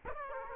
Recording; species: mosquito wingbeat signal from an infrared sensor; Aedes aegypti